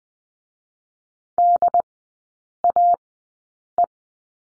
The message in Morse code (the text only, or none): D A E